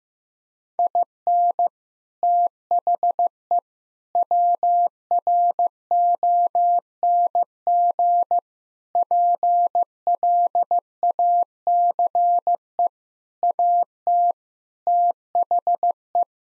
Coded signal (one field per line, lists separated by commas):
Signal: Morse code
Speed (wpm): 16 wpm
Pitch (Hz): 700 Hz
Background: none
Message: IN THE WRONG PLACE AT THE